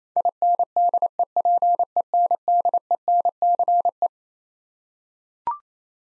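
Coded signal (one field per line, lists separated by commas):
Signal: Morse code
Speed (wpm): 27 wpm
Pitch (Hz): 700 Hz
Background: none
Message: INDEPENDENCE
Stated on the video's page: Morse head-copy drill of twelve-letter words at 28 wpm, each word sent, spoken, then sent again.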